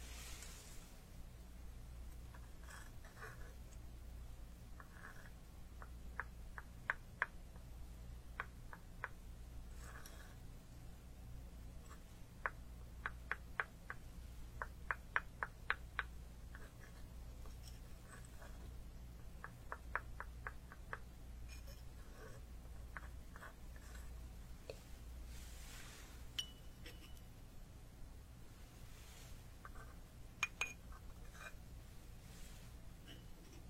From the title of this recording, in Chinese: 中医配药、捣药触发音